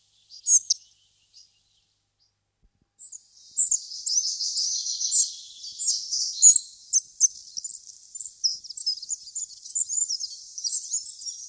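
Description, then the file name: Spotted flycatcher, thin, high squeaky notes; a few brief calls at first, then a dense run of sharp twittering chips after a short pause. "pigliamosche"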